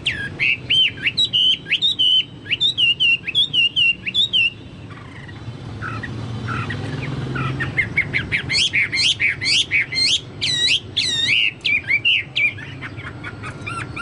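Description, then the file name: Chinese hwamei song: loud ringing whistled phrases, each motif repeated several times, a short pause, then a fast rush of sharp rising and falling notes. "hwamei-2-omkicau"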